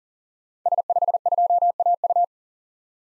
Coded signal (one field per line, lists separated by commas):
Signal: Morse code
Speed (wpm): 40 wpm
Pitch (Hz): 700 Hz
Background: none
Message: S52AU